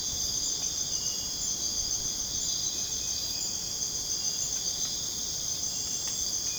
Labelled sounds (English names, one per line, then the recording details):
none
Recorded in dense forest near Puerto Asís, Putumayo, Colombia, on 23 June 2025 at 01:30
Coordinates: 0.486, -76.317
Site G065